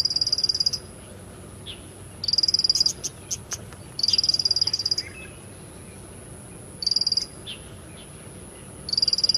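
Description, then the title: Bar-winged prinia song of quick, shrill repeated-note trills recurring every couple of seconds, with some sharp clicks in between and a continuous high hiss behind. "Suara Burung Ciblek"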